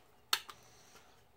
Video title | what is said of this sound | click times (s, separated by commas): Ultimate Voltron 14" Electronic Figure - Playmates Toys Review - Voltron Legendary Defender | snap right into and | 0.3 s